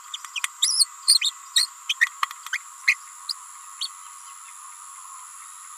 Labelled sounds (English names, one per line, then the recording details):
Green-rumped Parrotlet babbling
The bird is a female
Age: 28 days
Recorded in a nest box in Venezuela
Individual 17B31A3